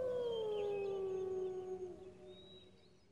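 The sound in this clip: Wolf howl, a single long tone gliding gently downward and fading out after about two seconds.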